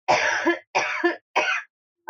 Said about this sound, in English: I don't think coughing's a very good topic.